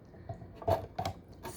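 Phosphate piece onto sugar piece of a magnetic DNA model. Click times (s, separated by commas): 1.0 s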